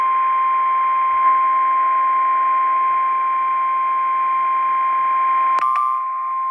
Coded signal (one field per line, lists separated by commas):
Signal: Emergency Alert System (SAME) tones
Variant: 1050 Hz attention tone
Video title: Severe Thunderstorm Warning BIS,ND EAS#62